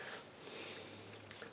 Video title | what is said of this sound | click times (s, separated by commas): Quick designing a simple clip | give it a shot snaps right in snaps in awesome | 1.3 s